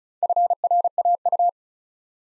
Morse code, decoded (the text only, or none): FRAU